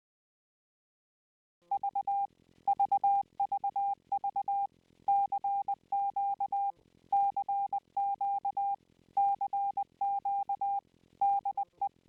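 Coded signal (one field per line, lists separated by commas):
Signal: Morse code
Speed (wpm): 20 wpm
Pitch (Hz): 800 Hz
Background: none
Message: V VVV CQ CQ CQ DE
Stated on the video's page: Morse code instructional lesson for Scout groups and cadets.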